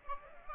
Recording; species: mosquito wingbeat signal from an infrared sensor; Aedes aegypti